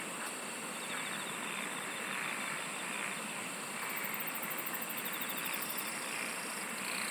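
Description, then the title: Insects singing: a continuous high-pitched drone, with a quick pulsed trill in the later seconds over a steady noisy background. "SINGING OF INSECTS"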